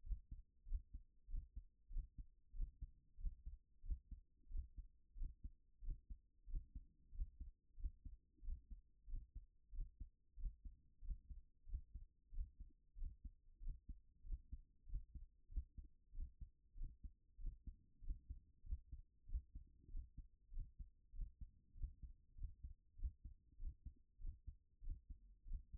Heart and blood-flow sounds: heart sounds by stethoscope; 95 bpm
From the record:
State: at rest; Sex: female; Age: 44 years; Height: 167 cm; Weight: 64 kg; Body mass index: 22.95

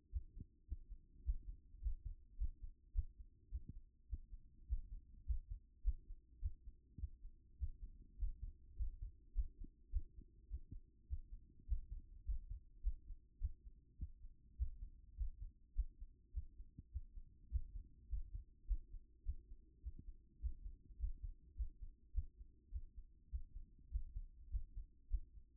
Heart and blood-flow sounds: heart sounds by stethoscope; 103 bpm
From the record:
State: after exercise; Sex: female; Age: 28 years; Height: 167 cm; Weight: 60 kg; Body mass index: 21.51

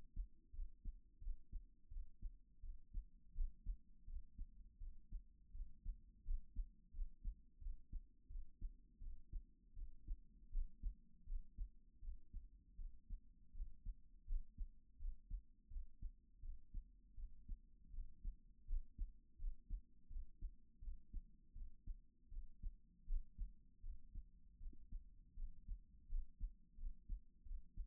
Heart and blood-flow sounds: heart sounds by stethoscope; 83 bpm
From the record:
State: at rest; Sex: female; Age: 37 years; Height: 160 cm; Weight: 68 kg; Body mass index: 26.56

